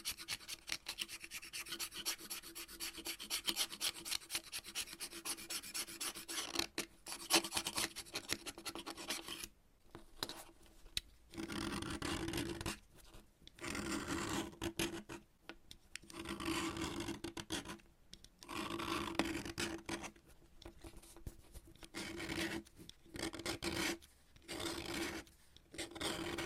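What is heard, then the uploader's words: Chalk is scraped and cut in a dense, gritty rasp that runs almost without pause for the first nine seconds. After that the scraping comes in bursts of a second or two, broken by short silences, with a steady low tone running beneath. Chalk Cutting. No Talking.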